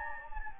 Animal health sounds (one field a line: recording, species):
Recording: mosquito wingbeat signal from an infrared sensor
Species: Anopheles gambiae